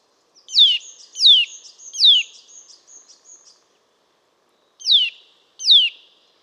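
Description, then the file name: Eurasian nuthatch calls: three sharp downslurred notes, a run of faint high twittering notes, then two more descending calls. "Sitta europaea"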